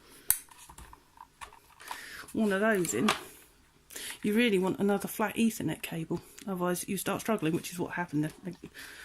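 A flat ethernet cable's plastic RJ45 plug is pushed into the port on a Linksys Velop mesh wifi satellite and latches with a sharp click at 0.3 s, followed by a few faint ticks. Someone then talks, confirming the plug is seated.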